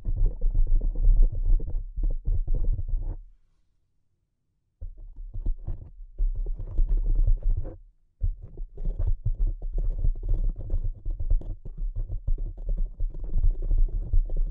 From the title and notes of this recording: ASMR Delicate Tapping (No Talking).